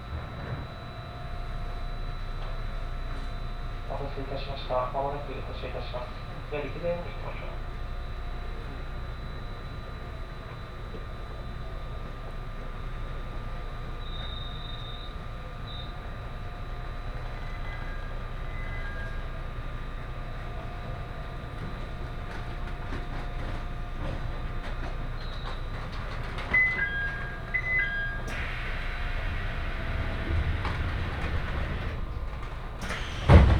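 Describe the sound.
A ride aboard an HB-E210 hybrid diesel train on the Senseki-Tohoku Line rapid, with a steady low rumble and a constant high whine throughout. Faint clicks near five seconds and short chirps later, then a sharp bang at the very end.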